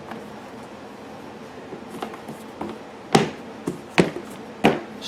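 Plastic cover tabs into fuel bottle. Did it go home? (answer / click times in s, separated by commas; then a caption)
yes / 3.1 s, 4.0 s, 4.7 s. Three plastic tabs of a cover are slid into an Echo Bearcat 3500 extended-run fuel bottle and snapped into place, with soft handling taps before sharp plastic clicks at 3.2, 4.0 and 4.7 seconds. The cover tabs are seated on the bottle.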